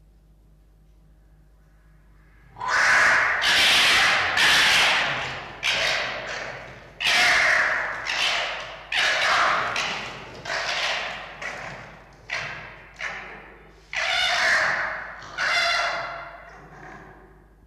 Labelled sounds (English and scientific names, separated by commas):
Red Fox (Vulpes vulpes)